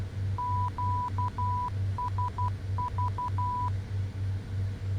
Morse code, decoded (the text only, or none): QSV